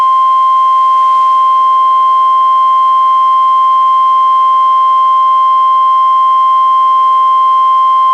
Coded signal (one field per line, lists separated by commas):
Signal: Emergency Alert System (SAME) tones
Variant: 1050 Hz attention tone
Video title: EAS #299-304: 6 NWR Required Weekly Tests- Apr. 10-May 15, 2019